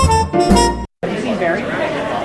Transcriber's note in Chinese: 嘈杂人声